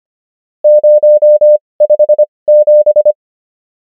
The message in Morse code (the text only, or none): 057